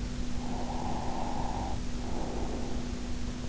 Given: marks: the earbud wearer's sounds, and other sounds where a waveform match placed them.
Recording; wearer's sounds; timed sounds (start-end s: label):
sounds in sleep by an in-ear microphone; breath
0.17-3.25 s: breath